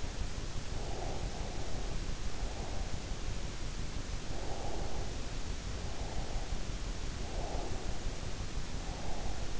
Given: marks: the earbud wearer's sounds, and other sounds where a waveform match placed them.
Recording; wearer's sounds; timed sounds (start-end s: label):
sounds in sleep by an in-ear microphone; breath
0.71-2.95 s: breath
4.40-6.48 s: breath
7.26-9.60 s: breath